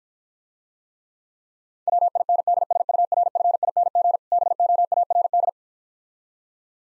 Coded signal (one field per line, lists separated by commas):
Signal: Morse code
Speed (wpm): 55 wpm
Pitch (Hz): 700 Hz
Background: none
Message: WINDSURFING BOARD